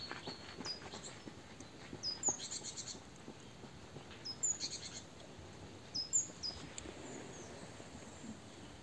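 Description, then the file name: Great tit calls: a few brief, high, thin notes with faint buzzy traces, spaced out over steady background hiss. "Parus major"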